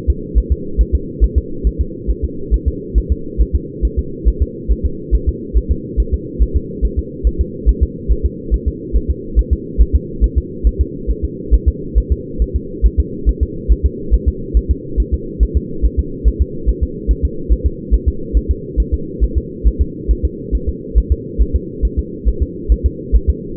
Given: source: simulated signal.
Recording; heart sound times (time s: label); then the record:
fetal heart sounds
0.10 s: S2
0.38 s: S1
0.52 s: S2
0.81 s: S1
0.95 s: S2
1.24 s: S1
1.38 s: S2
1.67 s: S1
1.81 s: S2
2.11 s: S1
2.25 s: S2
2.54 s: S1
2.68 s: S2
2.98 s: S1
3.12 s: S2
3.42 s: S1
3.55 s: S2
3.85 s: S1
3.99 s: S2
4.28 s: S1
4.42 s: S2
4.72 s: S1
4.86 s: S2
5.15 s: S1
5.29 s: S2
5.58 s: S1
5.71 s: S2
6.00 s: S1
6.14 s: S2
6.43 s: S1
6.56 s: S2
6.85 s: S1
6.99 s: S2
7.27 s: S1
7.41 s: S2
7.69 s: S1
7.83 s: S2
8.12 s: S1
8.25 s: S2
8.54 s: S1
8.68 s: S2
8.96 s: S1
9.10 s: S2
9.39 s: S1
9.53 s: S2
9.81 s: S1
9.95 s: S2
10.24 s: S1
10.38 s: S2
10.67 s: S1
10.81 s: S2
11.11 s: S1
11.25 s: S2
11.54 s: S1
11.68 s: S2
11.98 s: S1
12.12 s: S2
12.42 s: S1
12.56 s: S2
12.86 s: S1
13.00 s: S2
13.29 s: S1
13.43 s: S2
13.72 s: S1
13.86 s: S2
14.14 s: S1
14.28 s: S2
14.57 s: S1
14.71 s: S2
15.00 s: S1
15.14 s: S2
15.43 s: S1
15.57 s: S2
15.85 s: S1
15.99 s: S2
16.28 s: S1
16.42 s: S2
16.69 s: S1
16.83 s: S2
17.11 s: S1
17.25 s: S2
17.52 s: S1
17.66 s: S2
17.94 s: S1
18.08 s: S2
18.37 s: S1
18.51 s: S2
18.80 s: S1
18.94 s: S2
19.24 s: S1
19.38 s: S2
19.67 s: S1
19.81 s: S2
20.11 s: S1
20.25 s: S2
20.55 s: S1
20.69 s: S2
20.98 s: S1
21.12 s: S2
21.42 s: S1
21.56 s: S2
21.85 s: S1
21.99 s: S2
22.28 s: S1
22.42 s: S2
22.72 s: S1
22.86 s: S2
23.16 s: S1
23.30 s: S2
From the record:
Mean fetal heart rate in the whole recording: 140 bpm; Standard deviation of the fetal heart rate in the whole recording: 2 bpm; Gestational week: 34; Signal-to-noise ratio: -4.3 dB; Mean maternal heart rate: 72 bpm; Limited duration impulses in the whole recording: absent